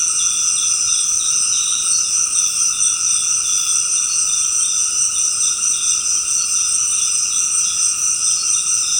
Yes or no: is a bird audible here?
no